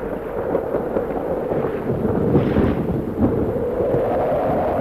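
A thunderstorm with heavy hail roars steadily, deep rumbling thunder rolling beneath a dense wash of heavy rain, with a louder swell of rumble midway before settling back into the constant downpour.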